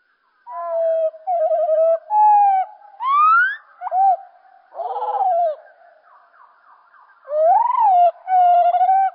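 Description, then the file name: Common blackbird song played slowed, deep warbling phrases with rising slurred notes and buzzy bursts, separated by short pauses. Song slowed down. "Merle Et Merle Au Ralenti Merle noir ralenti"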